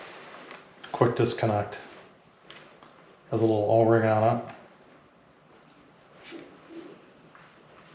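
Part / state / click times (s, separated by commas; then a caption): drinking hose quick-disconnect fitting into hydration bladder connector / not seated / none. Someone talks while handling the quick-disconnect fitting of a Klim Arsenal 15 hydration backpack's drinking hose, which has a small O-ring, near its mating connector on the backpack bladder, with a few faint handling ticks in between. Nothing has seated or clicked into place yet.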